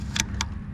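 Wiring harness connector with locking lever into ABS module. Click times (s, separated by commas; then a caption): 0.2 s, 0.4 s. A large wiring harness connector with a locking lever is pushed onto the new ABS module of a 2007 Toyota Camry, and the lever is swung over to draw it fully home. Two sharp clicks sound at 0.2 s and 0.4 s over a low steady hum. The lever latches and the connector locks in place.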